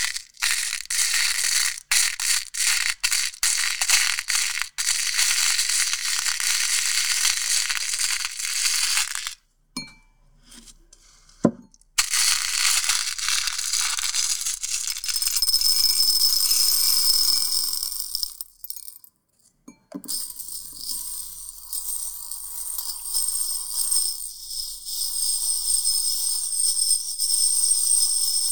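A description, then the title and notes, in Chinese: Beads are swished and poured by hand, making a dense, bright rustling hiss with rapid clicks, loudest in the first nine seconds. Two brief pauses near 10 and 19 seconds break the sound, with a few sharp taps, before the steady shuffling resumes. 玩珠珠的唰唰聲｜Playing Beads。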